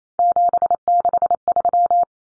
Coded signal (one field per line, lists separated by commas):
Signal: Morse code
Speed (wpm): 28 wpm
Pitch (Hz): 700 Hz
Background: none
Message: 763